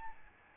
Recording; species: mosquito wingbeat signal from an infrared sensor; Aedes albopictus